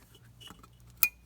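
A blue plastic engine wiring connector on the intake and valve cover area of a Nissan Maxima, during a 100,000-mile tune-up with valve cover gaskets and spark plugs, is pushed onto its mating socket. A few faint plastic ticks lead up to one sharp, bright click at 1.0 s as it seats. The connector is confirmed in place.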